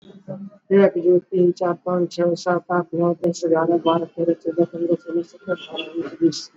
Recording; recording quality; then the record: counting at a fast pace; moderate, slight background noise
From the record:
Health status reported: exposed to COVID-19, no respiratory illness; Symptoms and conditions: cough, cold, fever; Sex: male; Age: 44 years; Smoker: no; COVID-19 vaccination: both doses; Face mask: worn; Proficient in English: yes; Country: India